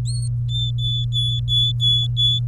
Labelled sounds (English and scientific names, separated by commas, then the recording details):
Domestic Canary (Serinus canaria) song
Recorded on 23 April 2018 at 15:16
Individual llb3